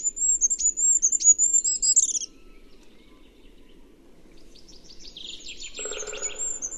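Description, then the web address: Bird, rapid high chirps in a steady series ending in a buzzy flourish, a silence, then a lower rasping buzz with renewed twittering. "Bird Only"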